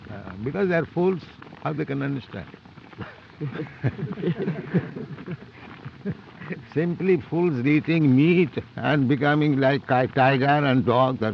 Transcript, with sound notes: Because they are fools. How they can understand? [laughter] Simply fools eating meat and becoming like a tiger and dog.